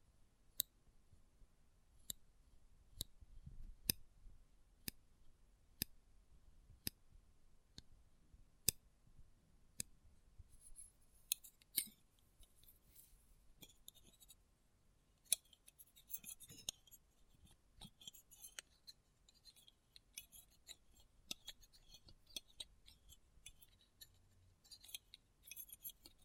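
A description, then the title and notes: Close-up metallic sounds: for the first ten seconds, sharp, bright clicks land at a fairly steady pace, about one per second. After that come denser bursts of high, rattling scrapes, like scissors or cutlery handled, mixed with scattered clicks until the end. ASMR Close Up Metallic Sounds (No Talking).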